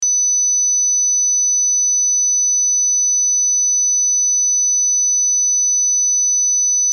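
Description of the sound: Tinnitus: a steady, continuous, high-pitched ringing tone, created as a designed tonal sound effect.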